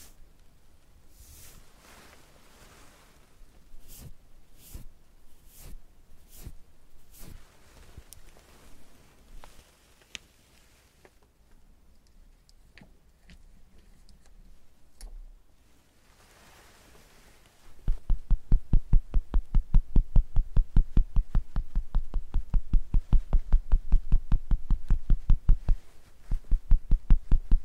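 Makeup sounds: scattered sharp clicks and taps for the first half, then from about 18 seconds a fast, regular stream of loud clicking.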